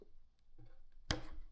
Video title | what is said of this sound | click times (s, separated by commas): Minelab Manticore/Equinox Upgrade: Excaliprobe & Counterweight Kit -Steve's Detector Rods | push it in until you hear it click. | 1.1 s